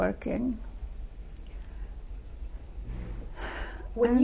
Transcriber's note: she sighs